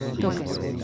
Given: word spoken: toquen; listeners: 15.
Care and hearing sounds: one Spanish word in noise, from a listening test; eight-talker babble; -1.6 dB; 0 of 15; 9 of 15; 0.44 s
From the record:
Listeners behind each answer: 9, 2, 1, 1, 1, 1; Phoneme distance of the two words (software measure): 10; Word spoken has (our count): 2 syllables, 5 phonemes, stress on syllable 1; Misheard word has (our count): 2 syllables, 5 phonemes, stress on syllable 1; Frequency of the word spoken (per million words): 1.59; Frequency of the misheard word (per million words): 6.83

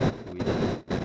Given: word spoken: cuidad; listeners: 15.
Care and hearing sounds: one Spanish word in noise, from a listening test; noise modulated by one talker; -11.6 dB; 0 of 15; 7 of 15; 0.65 s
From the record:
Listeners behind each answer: 7, 5, 1, 1, 1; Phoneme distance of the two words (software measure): 17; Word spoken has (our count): 2 syllables, 6 phonemes, stress on syllable 2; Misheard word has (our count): 3 syllables, 7 phonemes, stress on syllable 2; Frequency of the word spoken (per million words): 0.30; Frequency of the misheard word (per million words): 66.13

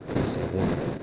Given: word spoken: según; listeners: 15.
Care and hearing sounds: one Spanish word in noise, from a listening test; noise modulated by three-talker babble; -4.3 dB; 2 of 15; 7 of 15; 0.63 s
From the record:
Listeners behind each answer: 7, 3, 2, 1, 1, 1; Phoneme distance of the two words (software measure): 14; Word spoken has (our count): 2 syllables, 5 phonemes, stress on syllable 2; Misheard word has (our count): 3 syllables, 7 phonemes, stress on syllable 2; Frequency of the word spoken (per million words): 683.04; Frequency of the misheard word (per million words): 250.13

